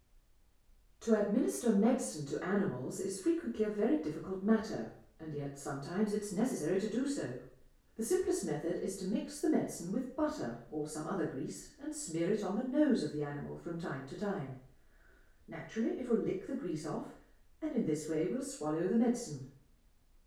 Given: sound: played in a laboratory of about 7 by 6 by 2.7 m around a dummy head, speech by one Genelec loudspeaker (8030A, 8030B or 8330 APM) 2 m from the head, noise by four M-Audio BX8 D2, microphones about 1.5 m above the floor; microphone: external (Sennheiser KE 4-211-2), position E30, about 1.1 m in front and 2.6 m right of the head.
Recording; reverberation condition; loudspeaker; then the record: female speech in English; medium; 120 degrees to the right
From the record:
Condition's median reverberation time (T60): about 510 ms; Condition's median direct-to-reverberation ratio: about -0.5 dB